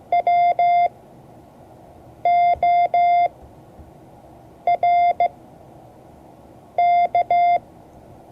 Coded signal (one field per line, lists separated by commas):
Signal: Morse code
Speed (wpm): 15 wpm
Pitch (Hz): 700 Hz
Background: none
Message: WORK